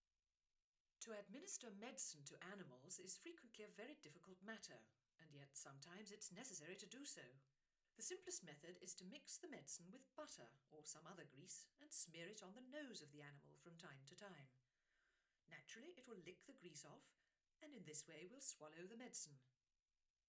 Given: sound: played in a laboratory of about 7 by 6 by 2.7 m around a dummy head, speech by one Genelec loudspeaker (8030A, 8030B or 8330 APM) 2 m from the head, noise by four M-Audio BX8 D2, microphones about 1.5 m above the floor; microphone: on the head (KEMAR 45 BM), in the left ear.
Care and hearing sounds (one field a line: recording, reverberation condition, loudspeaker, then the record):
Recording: female speech in English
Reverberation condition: low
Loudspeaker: 90 degrees to the left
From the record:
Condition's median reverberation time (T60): about 310 ms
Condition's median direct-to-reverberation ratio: about 3.5 dB